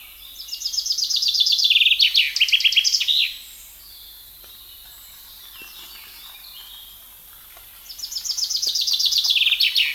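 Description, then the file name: Chaffinch singing: a rattling, descending trill closing with an emphatic flourish, repeated after a pause of several seconds. "Fringilla coelebs"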